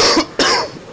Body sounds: coughing mixed with background sound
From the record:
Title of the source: Coughing 60

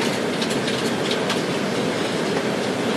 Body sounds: background sound without coughing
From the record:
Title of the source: Office Sounds Ambience - Background Noise for Study and Work

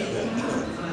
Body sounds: coughing mixed with background sound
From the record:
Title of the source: Spring Cold Coughing.

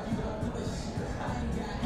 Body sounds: background sound without coughing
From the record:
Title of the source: 60 minutes of coffee shop sounds for study and concentration

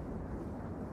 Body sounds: background sound without coughing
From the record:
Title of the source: Train Ride Ambience ambient white noise for sleeping, focus, studying, reading

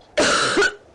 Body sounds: coughing mixed with background sound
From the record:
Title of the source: female coughing - coughing sound effects girl

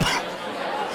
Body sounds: coughing mixed with background sound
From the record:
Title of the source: Coughing 46

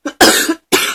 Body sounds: coughing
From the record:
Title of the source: 64 coughing, allergies, singing lungs

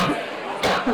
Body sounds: coughing mixed with background sound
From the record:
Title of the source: Barking cough - # 10

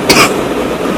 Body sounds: coughing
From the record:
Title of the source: 31 night wet cough

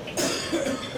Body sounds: coughing mixed with background sound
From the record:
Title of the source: Residual Phlegmy Morning Coughing and Gagging

